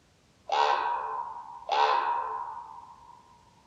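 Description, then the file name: Common raven uttering two hoarse, croaking calls about a second apart, each fading slowly with a lingering echo. "hollo hangja"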